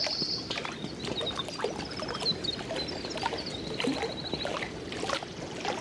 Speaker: To the left, there's a winter wren singing. Listen for its long series of jumbled notes.